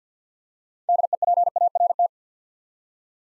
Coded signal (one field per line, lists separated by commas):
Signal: Morse code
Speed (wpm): 53 wpm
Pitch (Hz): 700 Hz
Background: none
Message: DEPART